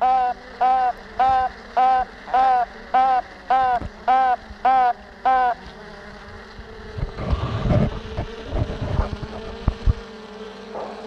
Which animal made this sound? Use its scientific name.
Apis mellifera